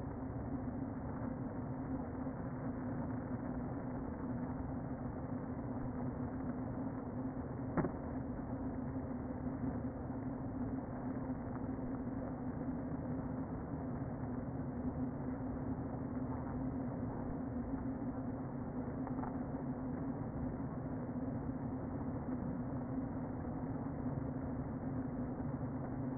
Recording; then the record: honeybee colony, microphone inside the hive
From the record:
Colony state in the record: queen present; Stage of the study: before two queens were removed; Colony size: about 60,000 bees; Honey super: yes